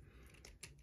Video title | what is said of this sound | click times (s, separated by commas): This Prime Has THE TOUCH Takara Tomy C-02 Transformers Missing Link Optimus Prime: Animation Edition | kind of at the crotch area, and they'll snap into place. | 0.4 s, 0.6 s